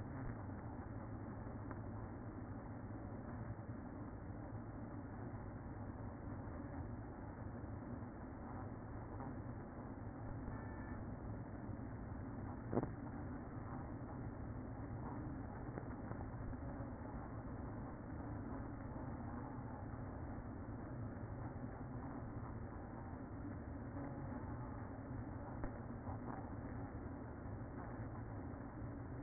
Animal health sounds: honeybee colony, microphone inside the hive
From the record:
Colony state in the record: queen present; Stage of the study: after two queens were removed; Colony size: about 60,000 bees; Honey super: yes

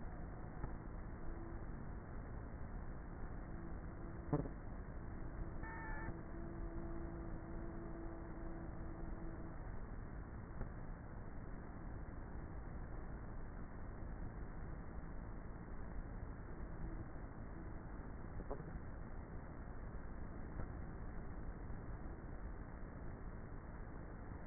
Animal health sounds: honeybee colony, microphone inside the hive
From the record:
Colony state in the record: queenless with a low population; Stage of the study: before two queens were removed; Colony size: about 30,000 bees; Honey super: no

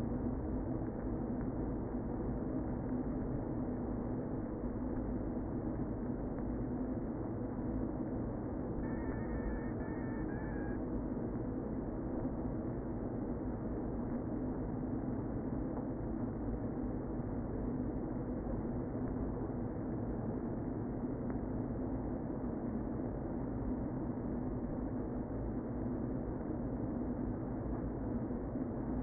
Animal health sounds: honeybee colony, microphone inside the hive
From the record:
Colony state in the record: queen present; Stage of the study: before two queens were removed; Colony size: about 60,000 bees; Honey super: yes

